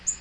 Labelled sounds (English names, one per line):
Black-throated Green Warbler flight call